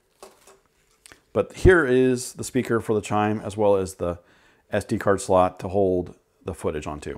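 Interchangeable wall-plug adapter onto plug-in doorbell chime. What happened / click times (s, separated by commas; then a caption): The plug adapter clicked into place on the chime / 1.1 s. An interchangeable US wall-plug adapter is placed on the plastic plug-in doorbell chime unit of a Eufy 1080p battery-powered video doorbell and rotated until it clicks into place, with a sharp click at 1.1 s. The adapter is seated, and afterwards someone talks.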